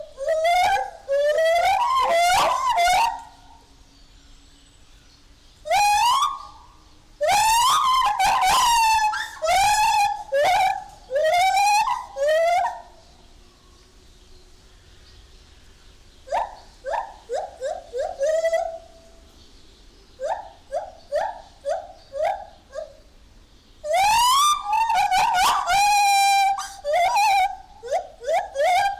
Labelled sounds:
Lar Gibbon

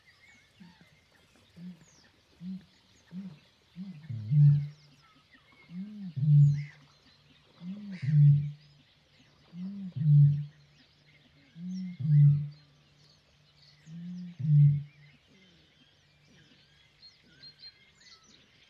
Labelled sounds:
Great Bittern

